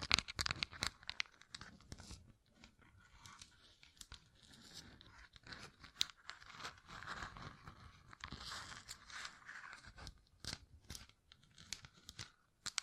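Gem-covered fingertips tap and scratch in quick, uneven bursts, with sharp clicks scattered throughout and bright crinkly scraping between them.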